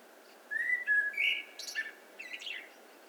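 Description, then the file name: Eurasian blackbird, one full song phrase: a rising then level flute-like whistle followed by a burst of high squeaky twittering notes, over a soft hiss. "Turdus merula"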